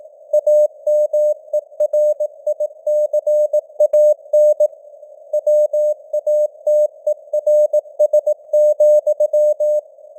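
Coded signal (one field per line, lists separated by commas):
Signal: Morse code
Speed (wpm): 18 wpm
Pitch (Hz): 600 Hz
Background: none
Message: AMERICAN WATERS,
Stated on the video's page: Simulated Morse news headlines at 18 wpm with simulated radio noise and varying signal strength (QSB).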